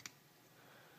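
A plastic life-counter dial piece is handled as it is pressed toward its holder in a box, giving a sharp click at 0.05 s and a softer one at 1.05 s over a quiet, steady background. Nothing has seated or clicked into place yet.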